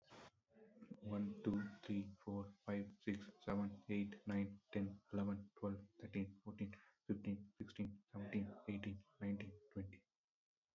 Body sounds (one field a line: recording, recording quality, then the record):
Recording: counting at a fast pace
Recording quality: excellent, no background noise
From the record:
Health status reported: COVID-19 positive, mild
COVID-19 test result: positive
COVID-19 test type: RT-PCR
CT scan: not taken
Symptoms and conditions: cough, cold, sore throat, fatigue, muscle pain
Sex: male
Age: 26 years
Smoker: no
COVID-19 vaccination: both doses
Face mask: not worn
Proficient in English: yes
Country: India